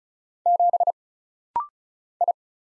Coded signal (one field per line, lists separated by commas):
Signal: Morse code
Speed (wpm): 36 wpm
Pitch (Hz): 700 Hz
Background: none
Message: 7 I